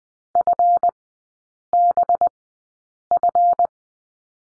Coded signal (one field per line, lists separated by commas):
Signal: Morse code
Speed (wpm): 20 wpm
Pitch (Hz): 700 Hz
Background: none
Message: FBF